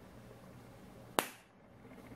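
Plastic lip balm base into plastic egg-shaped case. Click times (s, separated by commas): 1.2 s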